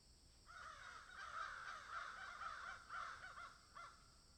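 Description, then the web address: Crows cawing in a dense, overlapping chorus of harsh calls from about half a second onward, several birds calling at once with steady background hiss. Several crows cawing in a field. "Debarup Travel Films 27-Crows Caw in Field"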